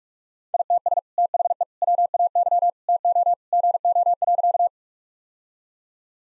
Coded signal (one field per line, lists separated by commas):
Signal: Morse code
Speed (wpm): 42 wpm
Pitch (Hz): 700 Hz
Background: none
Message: ITS THE WAY TO GO.